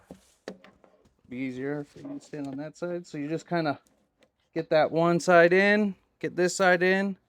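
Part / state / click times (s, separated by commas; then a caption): RV roller shade ends into window mounting brackets / not seated / none. An RV slow-rise roller shade is being refitted into its window mounting brackets one side after the other, with a few faint taps near the start. Someone talks throughout. Nothing has seated or clicked yet.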